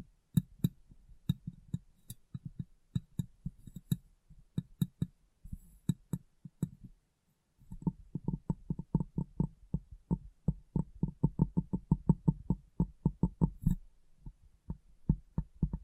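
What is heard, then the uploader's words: Fingers tap and knock on glass in quick, dull, low thuds, irregular at first with short bursts and pauses. After a brief silence near seven seconds, the tapping returns faster and denser, with a brighter ring on each hit, then thins toward the end. ASMR Glass Brain Tapping & Cleaning (No Talking).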